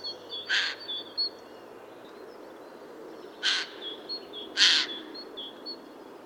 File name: Garrulus glandarius